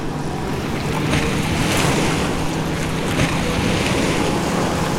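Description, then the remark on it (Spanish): A motorboat engine drones with a low steady hum beneath loud, rushing water and wind buffeting, with occasional splashing surges as the hull meets waves, as the captain accelerates the launch to leave the Jurado river mouth. No one speaks. “Es el instante en el que el capitán acelera el motor de la lancha para salir de la bocana de jurado.”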